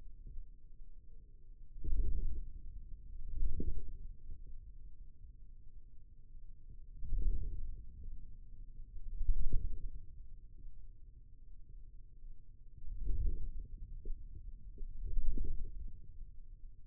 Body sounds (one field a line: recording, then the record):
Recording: forearm muscle sounds (acoustic myography)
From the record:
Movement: wrist flexion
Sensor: system 2, bracelet of six BSWA MPA416 microphones around the upper forearm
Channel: 3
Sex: male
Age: 22 years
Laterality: right